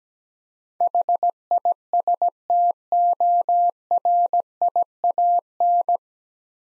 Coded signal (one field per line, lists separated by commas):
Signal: Morse code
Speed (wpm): 17 wpm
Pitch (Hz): 700 Hz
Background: none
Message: HISTORIAN